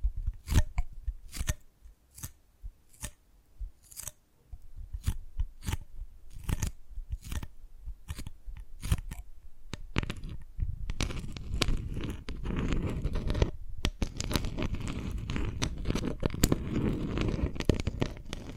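Dalgona candy being tapped and cracked, starting with sharp, evenly spaced taps about twice a second with quiet gaps between them. After roughly ten seconds the sound turns denser and rougher, a steady scraping and crunching with frequent crisp clicks through to the end.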